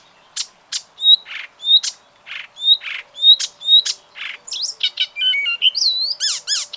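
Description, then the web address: Bird alternating sharp clicks with short thin whistles, then breaking into varied chattering phrases. "ornitologiya slovar Ptichki"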